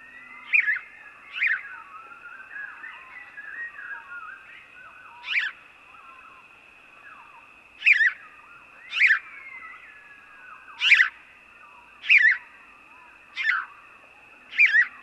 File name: House Sparrow